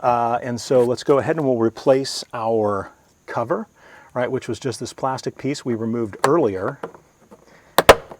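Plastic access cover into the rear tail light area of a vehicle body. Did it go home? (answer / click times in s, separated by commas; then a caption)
yes / 7.8 s, 7.9 s. Someone talks while a plastic access cover, removed earlier, is pushed back with some force into the rear tail light area of a 2020 Jeep Wrangler JL Unlimited during an Oracle Lighting Black/Smoke Fiber Optic LED tail light installation. Two loud, sharp snaps at 7.8 s and 7.9 s mark the cover seating in place.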